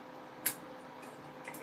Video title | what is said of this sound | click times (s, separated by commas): New Finds today!! | That snaps into place. | 0.5 s